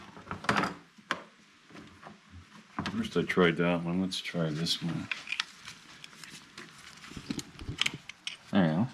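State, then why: Seated. A cam chain tensioner in the cylinder head of a KTM Adventure 890R motorcycle engine is pushed hard with a tool while someone talks, with light metallic taps and handling noises throughout. It clicks in at 8.3 s, seating the tensioner and leaving the cam chain tight.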